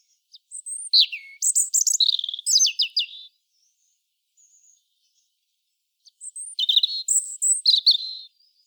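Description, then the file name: European robin song: two bursts of high, thin warbling and trilled notes with sliding whistles, separated by a pause of about three seconds. "Erithacus rubecula"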